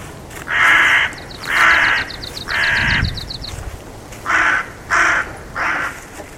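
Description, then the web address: Bird cawing six times in harsh, broad bursts, with a rapid ticking series heard briefly among the first calls. "Deverinetal 2025 File origin Bird Only"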